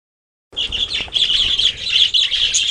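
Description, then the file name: Budgerigar chattering in a group, busy overlapping high chirps and warbles starting after half a second of silence, over a faint low rumble. A flock of parakeets calling together. "suara parkit rombongan. omkicau"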